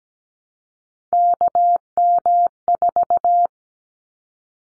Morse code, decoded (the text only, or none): KM4